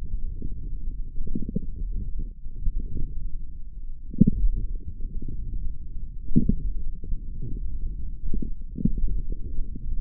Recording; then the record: forearm muscle sounds (acoustic myography)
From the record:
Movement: wrist flexion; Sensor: system 1, eight BSWA MPA416 microphones around the upper forearm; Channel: 5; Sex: male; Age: 18 years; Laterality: right